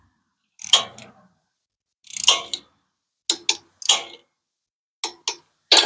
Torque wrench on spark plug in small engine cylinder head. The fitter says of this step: So we got heard that click.